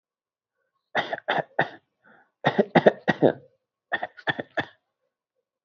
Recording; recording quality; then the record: shallow voluntary cough; excellent, no background noise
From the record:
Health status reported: COVID-19 positive, mild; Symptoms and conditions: none ticked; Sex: male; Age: 23 years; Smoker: not ticked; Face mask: not worn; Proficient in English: yes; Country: India